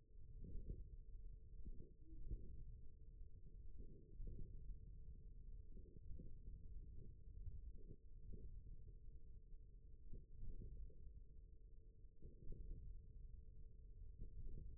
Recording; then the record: forearm muscle sounds (acoustic myography)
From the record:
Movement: thumb flexion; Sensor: system 1, eight BSWA MPA416 microphones around the upper forearm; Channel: 2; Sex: male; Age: 41 years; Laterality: right